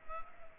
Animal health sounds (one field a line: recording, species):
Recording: mosquito wingbeat signal from an infrared sensor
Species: Culex pipiens